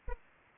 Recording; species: mosquito wingbeat signal from an infrared sensor; Anopheles arabiensis